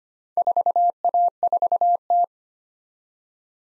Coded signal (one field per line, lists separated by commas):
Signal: Morse code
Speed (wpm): 29 wpm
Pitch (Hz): 700 Hz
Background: none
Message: 4A4T